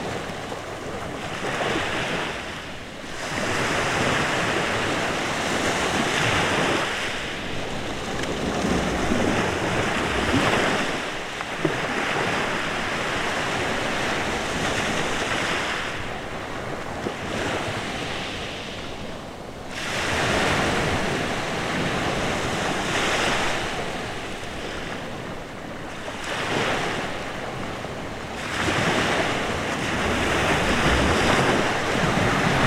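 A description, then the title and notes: Waves roll in on a deserted beach at night, each one swelling into a loud, dense wash of surf and then drawing back. The breakers arrive every few seconds in overlapping surges, with wind rumbling low against the microphone underneath. Waves rolling in at midnight on a deserted beach in Sirolo, Italy. Midnight waves on a beach.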